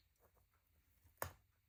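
A small screw is turned backwards in an aluminum RC beadlock wheel ring until it drops into the start of the thread. After faint low rustling, a sharp click sounds at 1.2 s, and the screw is now at the beginning of the thread, ready to be driven in.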